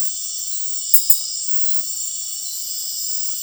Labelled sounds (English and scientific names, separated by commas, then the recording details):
none
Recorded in dense forest near Puerto Asís, Putumayo, Colombia, on 21 February 2024 at 01:30
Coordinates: 0.502, -76.326
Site G6460